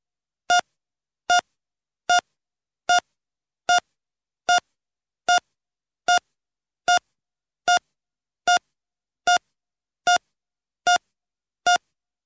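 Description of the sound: Fifteen evenly spaced, clear single-pitched beeps sound over about 12 seconds, roughly 75 a minute, against a silent background: a steady heart monitor tracking a regular rhythm, a sound effect. No flatline tone is heard in this stretch.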